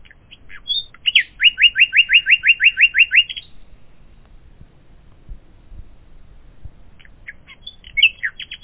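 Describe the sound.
Common nightingale song: a rapid run of many identical buzzy notes, then a pause before fresh varied chirps and a high flourish near the end.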